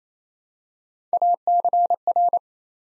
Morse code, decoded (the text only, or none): ACR